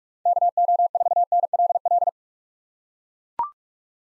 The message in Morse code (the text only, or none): KO4NLL